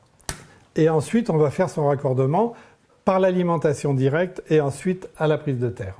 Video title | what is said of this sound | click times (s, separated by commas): Installer facilement un tableau électrique de répartition | appareil se clipse sur le rail de façon traditionnelle là et | 0.3 s